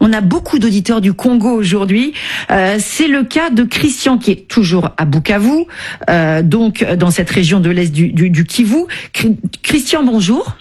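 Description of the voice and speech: An adult female radio host speaks fluent French in a clear, steady voice, introducing a caller; ordinary speech without disorder.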